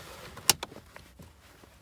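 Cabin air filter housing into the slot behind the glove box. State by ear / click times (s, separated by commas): seated / 0.5 s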